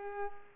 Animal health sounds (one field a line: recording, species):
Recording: mosquito wingbeat signal from an infrared sensor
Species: Culex pipiens